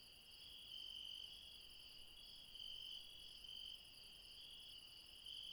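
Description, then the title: Insects calling in a high, continuous chorus, brief louder bursts of trilling swelling in now and then. Late night, mountains, Refuge Krevatia, Barbala, Dion, Greece. "Refuge Krevatia, Μπαρμπαλά, Dion 601 00, Greece - Late night mountain insects"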